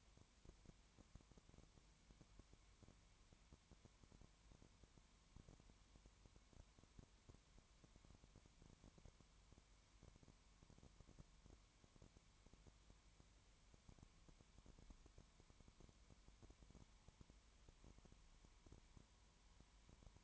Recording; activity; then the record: daily activity, microphone in the room; no activity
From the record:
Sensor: 3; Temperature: 20.1 degrees Celsius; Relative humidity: 31.4%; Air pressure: 1001.3 hPa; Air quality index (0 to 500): 74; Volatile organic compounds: 1 ppm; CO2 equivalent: 695 ppm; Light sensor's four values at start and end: 2/3/2/2 and 2/3/2/2